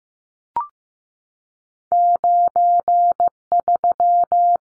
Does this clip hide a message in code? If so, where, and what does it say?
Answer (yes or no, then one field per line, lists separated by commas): yes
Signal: Morse code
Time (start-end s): 1.9-4.6 s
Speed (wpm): 15 wpm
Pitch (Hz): 700 Hz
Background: none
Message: 93